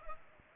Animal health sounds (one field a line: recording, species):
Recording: mosquito wingbeat signal from an infrared sensor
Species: Culex pipiens